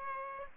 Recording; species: mosquito wingbeat signal from an infrared sensor; Aedes aegypti